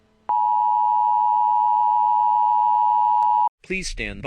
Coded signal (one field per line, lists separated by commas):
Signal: Emergency Alert System (SAME) tones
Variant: 853 and 960 Hz attention tone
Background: speech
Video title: EAS scenario- Hacked.